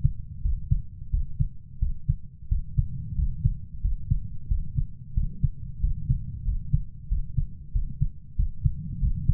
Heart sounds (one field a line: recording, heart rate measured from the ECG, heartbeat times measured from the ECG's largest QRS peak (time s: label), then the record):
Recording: heart sounds by stethoscope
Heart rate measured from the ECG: 91 bpm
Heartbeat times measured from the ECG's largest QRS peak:
0.44 s: heartbeat
1.13 s: heartbeat
1.82 s: heartbeat
2.51 s: heartbeat
3.18 s: heartbeat
3.84 s: heartbeat
4.50 s: heartbeat
5.16 s: heartbeat
5.83 s: heartbeat
6.47 s: heartbeat
7.11 s: heartbeat
7.75 s: heartbeat
8.38 s: heartbeat
9.02 s: heartbeat
From the record:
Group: healthy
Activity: rest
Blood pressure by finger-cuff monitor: 134/68 mmHg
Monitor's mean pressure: 85 mmHg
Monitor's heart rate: 91 bpm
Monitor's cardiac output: 8.2 L/min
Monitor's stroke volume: 92 mL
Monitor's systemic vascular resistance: 760 dyn s/cm5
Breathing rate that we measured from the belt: 20 breaths a minute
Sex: male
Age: 21 years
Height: 175 cm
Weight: 72.6 kg